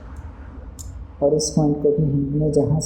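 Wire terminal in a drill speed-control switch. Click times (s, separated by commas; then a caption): 0.8 s. A thin screwdriver presses down the metal locking strip inside a 6.5 mm drill's variable-speed switch to free the blue wire's terminal, with a short sharp click at 0.8 s as the strip is pressed. Someone talks over the low background hum, and the wire terminal is released from the drill switch.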